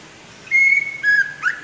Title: murai batu